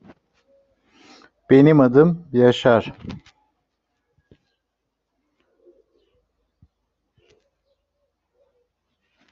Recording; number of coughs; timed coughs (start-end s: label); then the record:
no coughing; 0
none
From the record:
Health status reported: COVID-19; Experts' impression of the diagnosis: healthy cough / healthy cough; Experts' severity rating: pseudocough or healthy cough / unknown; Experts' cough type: unknown / unknown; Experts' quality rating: no cough present / no cough present / no cough present / no cough present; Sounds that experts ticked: nothing specific / nothing specific / no box ticked / no box ticked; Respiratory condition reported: yes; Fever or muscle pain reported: yes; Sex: other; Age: 42 years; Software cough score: 0.92